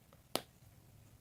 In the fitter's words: There you go. You hear the click.